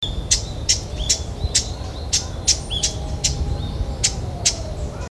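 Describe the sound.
Japanese bush warbler giving a steady run of sharp, clicky notes with brief whistled tails, about two per second, over a low rumbling background.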